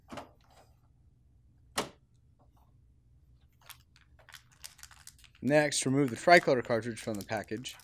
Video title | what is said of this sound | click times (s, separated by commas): Unboxing, Setting Up, and Installing the HP DeskJet 3634 Printer - HP DeskJet - HP | Insert the black cartridge into the right slot at an upward angle until it snaps into place. | 1.8 s